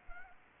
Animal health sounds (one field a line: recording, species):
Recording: mosquito wingbeat signal from an infrared sensor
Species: Anopheles arabiensis